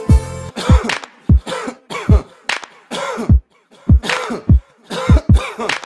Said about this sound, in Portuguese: Tá tossindo por quê?